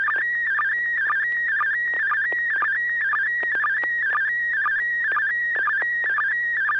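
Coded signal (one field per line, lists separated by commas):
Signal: SSTV (slow-scan television)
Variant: PD120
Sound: warbling, buzzing tone shifting pitch with rapid regular chirp-like sync clicks throughout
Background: low hum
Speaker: Thank you. Yeah, this is going to be PD 120, N6HA.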